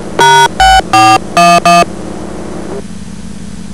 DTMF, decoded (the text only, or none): #6411